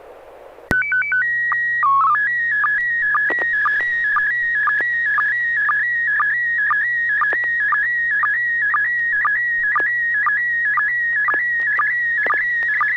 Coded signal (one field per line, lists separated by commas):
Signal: SSTV (slow-scan television)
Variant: PD 120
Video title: N6NA SSTV Net - 03/01/2023